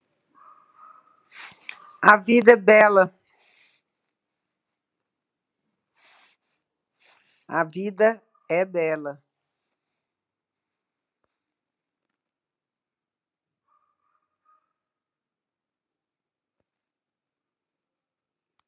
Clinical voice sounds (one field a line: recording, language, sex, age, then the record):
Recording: spoken sentence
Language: Brazilian Portuguese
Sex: female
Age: 60 to 69 years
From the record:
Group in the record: control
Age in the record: 64 years